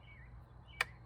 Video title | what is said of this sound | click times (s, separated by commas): CHECK YOUR OIL | you want to push it down as far as it will go until you sometimes you'll hear a little click | 0.8 s